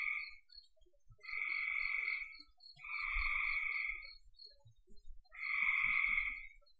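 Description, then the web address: Frogs producing buzzy trilled calls in separate bouts of about a second each, with gaps between, plus faint low rumbling in the background. "cn frogs"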